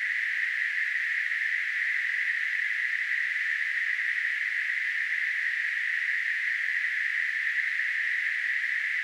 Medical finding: Tinnitus.